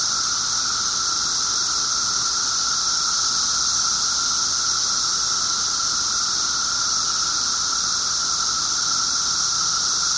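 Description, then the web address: Periodical cicada chorus, a constant droning hum with a shrill hissing layer above, staying level and uninterrupted for the whole stretch. 17-year cicadas; recorded 24 June 2007 at 1:30 pm. "cicadas 6 24 07 1 ' 30 pm. 17 yrcicada"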